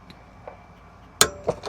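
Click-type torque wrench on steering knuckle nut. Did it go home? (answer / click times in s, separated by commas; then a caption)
yes / 1.2 s. A click-type torque wrench tightens the steering knuckle nut on a Toyota Land Cruiser 80 series to a setting of 43. After a few faint metallic ticks, the wrench gives a sharp, loud click at 1.2 s, followed by two softer clinks near 1.5 s and 1.7 s. The click confirms the nut has reached torque.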